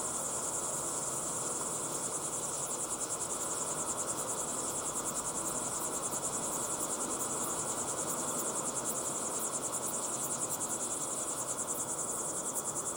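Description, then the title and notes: Crickets trilling continuously in fast, regular high-pitched pulses, with a steady low hiss throughout. Crickets chirping at sunset in the Timanfaya pyroclastic desert, Lanzarote; field-recorded with ambisonic equipment and converted to binaural audio. "Be still and listen to the crickets at sunset in the incredible Timanfaya pyroclastic desert on the island of Lanzarote. Enjoy the calm desert sounds of chirping crickets"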